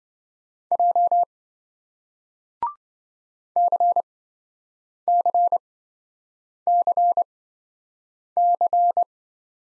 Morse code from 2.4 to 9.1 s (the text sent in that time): CCCC